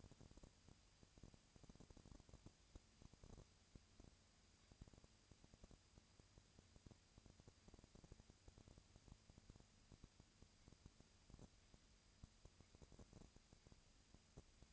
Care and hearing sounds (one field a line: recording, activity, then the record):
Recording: daily activity, microphone in the room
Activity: no activity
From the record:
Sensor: 2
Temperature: 20.3 degrees Celsius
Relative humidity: 37.0%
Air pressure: 998.7 hPa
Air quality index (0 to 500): 236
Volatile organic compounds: 38 ppm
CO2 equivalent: 3116 ppm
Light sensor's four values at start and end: 2/3/2/2 and 2/3/2/2